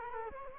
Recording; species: mosquito wingbeat signal from an infrared sensor; Culex quinquefasciatus